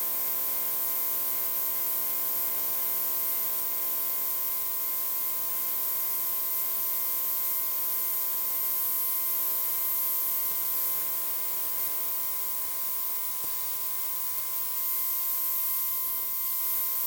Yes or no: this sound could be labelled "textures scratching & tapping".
no